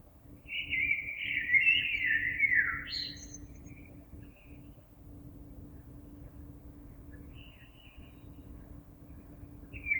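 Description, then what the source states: Common blackbird giving one rich warbling phrase that ends in a high twitter, followed by faint notes over a low hiss. Recorded 26 April 2022.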